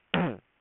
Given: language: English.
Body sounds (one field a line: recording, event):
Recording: throat vibration sensor signal played as sound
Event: throat clearing